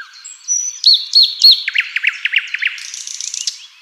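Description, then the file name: Common nightingale singing a brief phrase: a thin whistle, three slurred notes, a run of quick dropping notes, then a buzzy high trill. "Luscinia megarhynchos"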